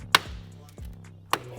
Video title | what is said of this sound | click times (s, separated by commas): Mercedes CLA35 AMG GT style grille install | it's locked in locked in place | 0.2 s, 1.3 s